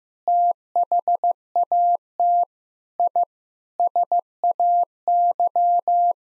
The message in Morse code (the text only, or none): THAT I SAY